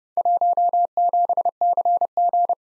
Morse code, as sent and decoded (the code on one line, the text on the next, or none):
.---- --... -.-. --.
17CG